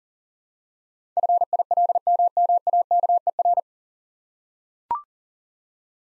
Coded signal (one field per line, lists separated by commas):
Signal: Morse code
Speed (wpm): 37 wpm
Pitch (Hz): 700 Hz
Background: none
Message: FILMMAKER